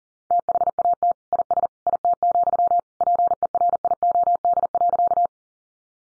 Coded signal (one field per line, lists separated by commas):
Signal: Morse code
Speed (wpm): 40 wpm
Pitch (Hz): 700 Hz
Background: none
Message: THAT IS IT, PERIOD.